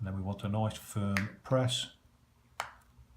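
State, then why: Seated. Someone talks while pressing the plastic case half of a Saab 9-3/9-5 key fob onto the fob body after a battery replacement, aligning the sides and giving it a firm press. A sharp click at 2.6 s shows the case halves snapping back together, and the fob case is seated.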